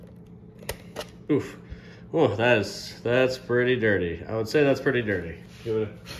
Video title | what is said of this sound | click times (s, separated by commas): Cleaning & Fixing the iRobot Roomba Better Than Everyone - Simple Steps | the filter out just pops right out if I can get it | 0.7 s